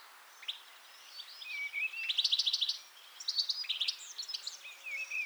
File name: Carduelis carduelis